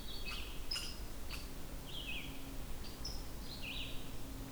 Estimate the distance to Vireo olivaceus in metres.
about 70 m